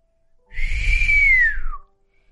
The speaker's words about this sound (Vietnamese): Hắn huýt gió một tiếng.